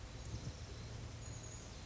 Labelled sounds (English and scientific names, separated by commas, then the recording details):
Chestnut-backed Chickadee (Poecile rufescens)
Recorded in Sonoma County, California